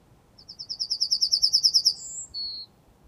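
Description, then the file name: Yellowhammer song: a fast run of many high, buzzy repeated notes, then a drawn-out higher note and a lower drawn-out final note. "Goldammer"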